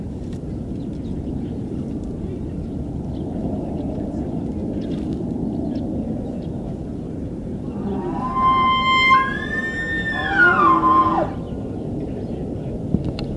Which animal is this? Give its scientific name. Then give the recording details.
Cervus canadensis. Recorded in captivity. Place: Tierpark Berlin, Berlin, DE. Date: 1973-11-03 11:35. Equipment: Uher 4200 Report Monitor, Verst., Sennheiser MD 421. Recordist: Tembrock, Günter. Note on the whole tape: Zwergwapiti: Drohen und Rufe, beim dritten Ruf nach Beginn eingeschaltet. Abstand: 8 m. Aufnahmezeit: 10.00-12.30 Uhr